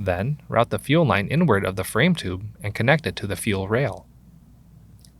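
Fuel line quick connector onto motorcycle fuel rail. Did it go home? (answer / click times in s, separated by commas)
yes / 5.0 s, 5.1 s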